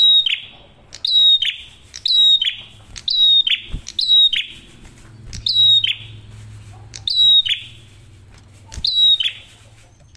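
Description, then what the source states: Prinia singing rapid strings of shrill downward chirps with buzzy tails, thinning out toward the end, with a soft low hum beneath. Masteran tutor audio of prenjak merah for training songbirds; singing actively with a clear voice; said to make other prinias call within five seconds.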